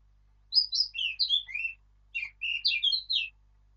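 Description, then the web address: Eurasian blackcap song in two bursts: a fluty warbled run, a brief gap, then a second bright, whistled sequence of mellow notes. "birdsong Sylvia atricapilla"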